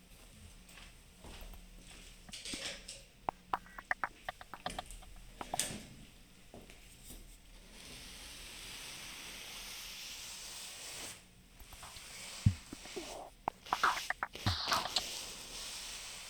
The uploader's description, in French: Une matinée qui débute par l'arrivée au domaine de Rovorée en bordure du lac Léman, puis fini dans un atelier du centre d'Art, à côté du mien.